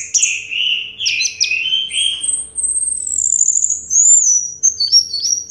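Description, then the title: Orange-headed thrush song: a continuous flow of high slurred whistles and warbles, shifting pitch and running without a break. Played to prompt a silent orange-headed thrush to start singing. "Anis Merah Macet.. Pancing Dengan Suara Ini.. # Anis Merah"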